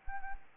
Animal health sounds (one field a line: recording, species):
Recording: mosquito wingbeat signal from an infrared sensor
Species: Anopheles gambiae